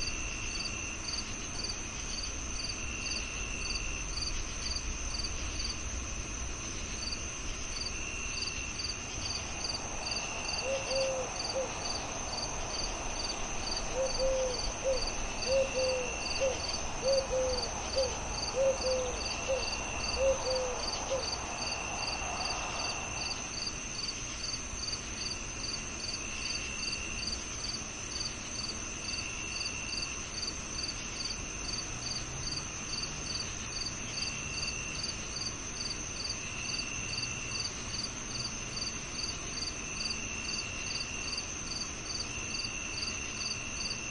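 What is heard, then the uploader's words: Crickets trill in a steady, dense chorus throughout, with rapid pulsing high bands that never let up. Around 10 to 23 seconds a brighter, mid-pitched burst of quick repeated calls rises over the chorus, then fades back to the even insect wash. Dreamy Crickets, Singing Owls & Soft Nature Sounds On A Peaceful Summer Night.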